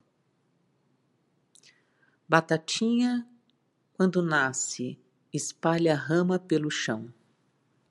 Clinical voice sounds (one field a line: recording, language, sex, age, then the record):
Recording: short text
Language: Brazilian Portuguese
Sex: female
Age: 50 to 59 years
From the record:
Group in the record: control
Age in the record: 57 years